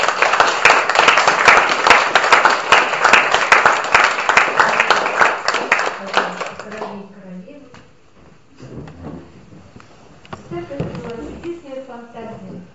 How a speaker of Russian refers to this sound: Хорошо, и аплодисменты.